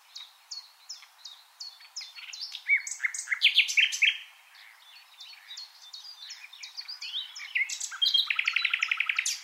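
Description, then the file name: Common nightingale song of varied bright notes building to a loud phrase, then a fast, steady rattle of repeated notes near the end. "Luscinia megarhynchos"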